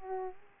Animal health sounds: mosquito wingbeat signal from an infrared sensor; Aedes aegypti

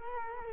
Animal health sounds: mosquito wingbeat signal from an infrared sensor; Culex quinquefasciatus

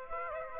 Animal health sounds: mosquito wingbeat signal from an infrared sensor; Aedes aegypti

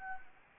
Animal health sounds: mosquito wingbeat signal from an infrared sensor; Anopheles gambiae

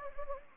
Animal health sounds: mosquito wingbeat signal from an infrared sensor; Anopheles gambiae

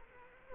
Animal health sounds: mosquito wingbeat signal from an infrared sensor; Culex quinquefasciatus

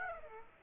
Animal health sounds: mosquito wingbeat signal from an infrared sensor; Aedes aegypti

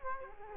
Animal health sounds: mosquito wingbeat signal from an infrared sensor; Culex quinquefasciatus

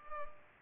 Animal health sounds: mosquito wingbeat signal from an infrared sensor; Culex pipiens

